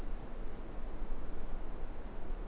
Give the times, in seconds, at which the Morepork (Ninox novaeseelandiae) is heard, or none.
none